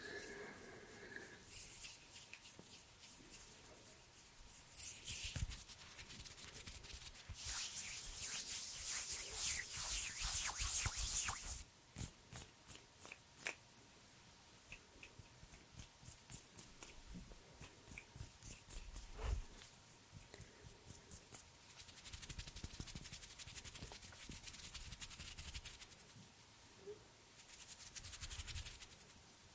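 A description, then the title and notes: Hand sounds: dry rubbing swells between five and twelve seconds, then scattered soft taps and brushes, with a faint steady hum. ASMR HAND SOUNDS and MOVEMENTS.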